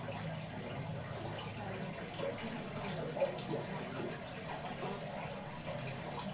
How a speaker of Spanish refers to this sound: Hay diversos puntos, y entonces, seleccionando uno de ellos, como por ejemplo este, se escucha, en este caso es un arroyo que pasa por la cuadra.